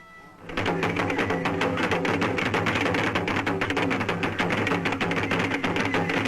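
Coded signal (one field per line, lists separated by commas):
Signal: talking drum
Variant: Ghanaian talking drums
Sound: fast continuous drumming, many sharp strokes over low resonant drum tones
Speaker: This is the message that they're beating out on the talking drums.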